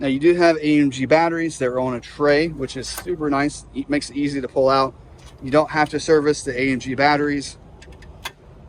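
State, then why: Seated. Someone talks while the pull-out tray holding the AMG batteries in the battery compartment of a 2023 Entegra Coach Vision 29F motorhome is pushed back into its compartment. A couple of faint ticks come at 7.8 and 8.0 seconds, then a sharp click at 8.3 seconds as the tray latches and locks in place.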